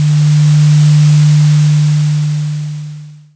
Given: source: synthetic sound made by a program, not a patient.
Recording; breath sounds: synthetic breath sounds; normal breath sounds